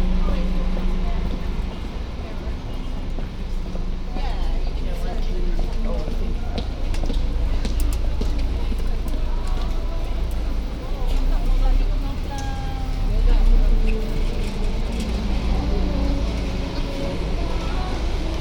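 Walking down a city street, with a steady low rumble of traffic underneath and voices talking throughout. Footsteps and brief clicks and knocks come and go, and a louder passing vehicle swells around the thirteenth second.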